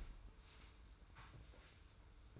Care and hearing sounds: daily activity, microphone in the room; sweep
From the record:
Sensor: 2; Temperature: 25.1 degrees Celsius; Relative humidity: 45.4%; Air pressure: 990.3 hPa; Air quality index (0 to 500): 210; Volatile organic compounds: 1000 ppm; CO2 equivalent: 6742 ppm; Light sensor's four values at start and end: 27/65/26/27 and 29/67/27/27

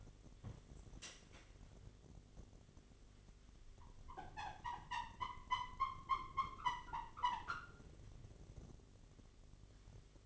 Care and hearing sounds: daily activity, microphone in the room; wipe stove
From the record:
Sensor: 4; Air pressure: 1007.9 hPa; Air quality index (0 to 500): 197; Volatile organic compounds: 7 ppm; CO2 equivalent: 1966 ppm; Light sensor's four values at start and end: 22/71/27/26 and 22/70/27/26

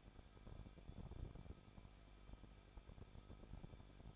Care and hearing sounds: daily activity, microphone in the room; no activity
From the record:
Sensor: 5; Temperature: 20.8 degrees Celsius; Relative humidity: 38.2%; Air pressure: 1006.4 hPa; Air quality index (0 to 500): 189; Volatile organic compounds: 19 ppm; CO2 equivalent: 2660 ppm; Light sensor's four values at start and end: 2/3/1/1 and 2/3/1/1

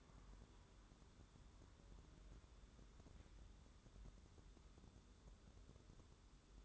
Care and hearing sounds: daily activity, microphone in the room; wipe stove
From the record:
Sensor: 3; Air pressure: 1015.1 hPa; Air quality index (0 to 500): 84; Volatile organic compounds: 2 ppm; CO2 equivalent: 1146 ppm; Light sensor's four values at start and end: 15/39/15/16 and 15/39/16/17

